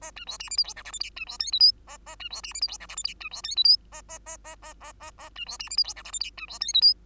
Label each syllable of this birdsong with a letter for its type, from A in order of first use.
A B C D E F G H I J K B C L M N A A B C D E F G H I J K B C L M N A A A A A A A A B C D E F G H I J K B C L M N